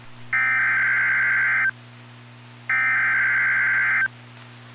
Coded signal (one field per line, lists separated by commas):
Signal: Emergency Alert System (SAME) tones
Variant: header bursts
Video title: North Central Texas Severe T Storm Outbreak (EAS 1494-1515)